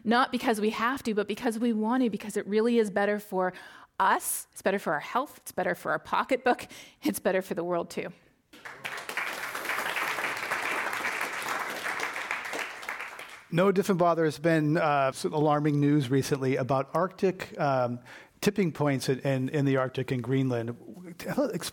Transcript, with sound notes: Not because we have to, but because we want to; because it really is better for us, it’s better for our health it’s better for our pocketbook it’s better for the world too.
[Applause]
Noah Diffenbaugh there’s been alarming news recently about Arctic tipping points in the Arctic and Greenland